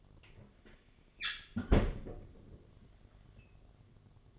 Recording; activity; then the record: daily activity, microphone in the room; close fridge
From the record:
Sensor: 4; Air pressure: 1005.5 hPa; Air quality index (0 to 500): 174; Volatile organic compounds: 5 ppm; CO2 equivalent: 1713 ppm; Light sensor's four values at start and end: 5/11/4/4 and 6/12/5/4